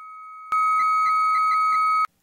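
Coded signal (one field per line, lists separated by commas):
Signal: 300-baud modem data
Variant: Bell 103, answer side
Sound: two steady pure tones with five brief warbling blips on the higher tone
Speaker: and then in the other direction from the answer to the caller we hear the same thing but at a higher frequency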